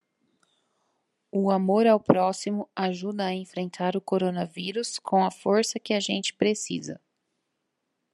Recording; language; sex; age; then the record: spoken sentence; Brazilian Portuguese; female; 30 to 39 years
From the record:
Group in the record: control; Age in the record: 39 years